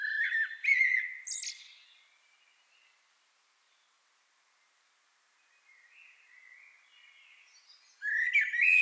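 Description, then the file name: Common blackbird singing a loud warbled phrase with a sharp high flourish, a lull with faint song, then another phrase at the end. "Turdus merula"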